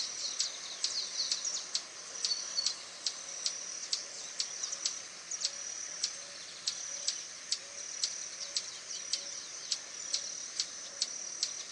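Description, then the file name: Swallow-tailed hummingbird with a brisk series of very high ticks and scattered twitters, steady shrill hum throughout and faint low whistles in the background. "Canto do beija flor tesoura"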